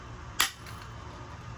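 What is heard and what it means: A pop rivet is pulled with a hand rivet gun through a plastic plate on a canvas costume belt until the rivet head flattens. At 0.4 s a single sharp snap is heard as the mandrel breaks off, leaving the rivet seated. The rest is quiet background.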